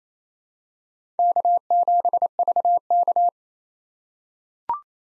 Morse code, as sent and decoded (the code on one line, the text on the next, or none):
-.- --... ...- -.-
K7VK